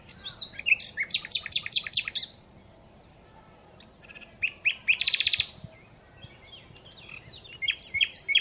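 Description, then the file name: Common Nightingale singing: a high, rapid staccato trill run opens, then a pause, then a fast rattling phrase and a third varied burst of sharp notes. "Luscinia megarhynchos"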